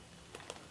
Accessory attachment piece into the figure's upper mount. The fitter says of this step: clicks right in. It's kind of loose. It's not super tight,